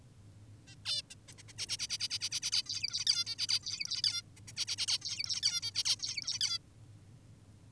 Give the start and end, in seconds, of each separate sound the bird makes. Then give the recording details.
0.68-0.75, 0.86-1.02, 1.10-1.15, 1.28-1.33, 1.38-1.43, 1.48-1.53, 1.58-1.66, 1.69-1.77, 1.79-1.88, 1.90-1.98, 2.00-2.08, 2.10-2.19, 2.21-2.30, 2.32-2.40, 2.42-2.51, 2.52-2.62, 2.66-3.05, 3.07-3.25, 3.26-3.36, 3.39-3.47, 3.49-3.60, 3.63-4.02, 4.04-4.22, 4.36-4.40, 4.48-4.52, 4.57-4.66, 4.68-4.76, 4.78-4.86, 4.88-4.98, 5.02-5.40, 5.43-5.61, 5.62-5.71, 5.75-5.84, 5.85-5.96, 6.00-6.39, 6.41-6.58. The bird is an adult. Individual g19o10U